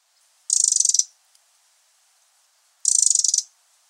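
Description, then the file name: Eurasian wren giving dry, rapidly pulsed rattling calls: two high churring bursts of about half a second each, with a quiet pause between them. "Troglodytes troglodytes"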